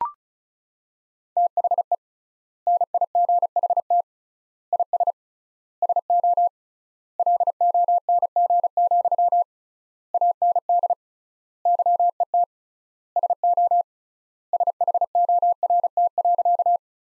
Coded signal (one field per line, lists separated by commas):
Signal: Morse code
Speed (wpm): 34 wpm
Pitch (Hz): 700 Hz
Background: none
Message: THE NIGHT IS SO LONG, AND YET SO SHORT.